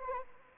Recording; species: mosquito wingbeat signal from an infrared sensor; Anopheles arabiensis